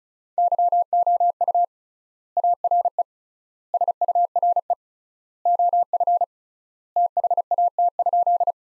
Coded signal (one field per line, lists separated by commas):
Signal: Morse code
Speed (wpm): 34 wpm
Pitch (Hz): 700 Hz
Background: none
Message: YOU ARE SURE OF THAT?